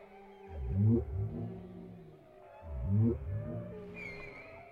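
Whale song with two deep grunting moans about two seconds apart, each carrying rising harmonics, ending in a faint high whistle.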